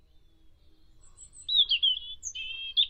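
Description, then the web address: European robin singing a brief, high, warbling phrase that starts about halfway through, after faint thin very high notes, with a second phrase following. "Deverinetal 2025"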